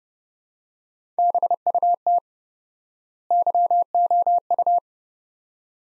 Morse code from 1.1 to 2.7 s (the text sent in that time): BUT